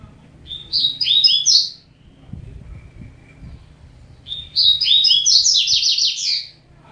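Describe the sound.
Double-collared seedeater song: two quick phrases of rapid, twittering high notes, the second longer and richer, with a quiet pause between and faint low hum beneath.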